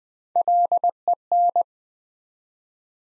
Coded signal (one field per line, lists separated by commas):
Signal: Morse code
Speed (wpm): 20 wpm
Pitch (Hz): 700 Hz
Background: none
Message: LEN